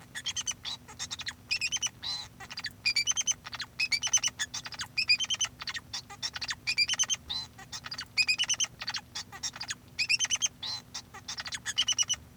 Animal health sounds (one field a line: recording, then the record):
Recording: song of a male Bengalese finch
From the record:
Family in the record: son of father 2